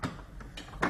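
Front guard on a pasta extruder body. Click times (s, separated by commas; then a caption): 0.8 s. The front guard of a pasta extruder is placed over the die and twisted tight against the extruder body, giving a few faint ticks at about 0.0, 0.4 and 0.6 seconds. A sharper, louder click at 0.8 seconds marks the guard seating into place.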